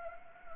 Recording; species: mosquito wingbeat signal from an infrared sensor; Anopheles gambiae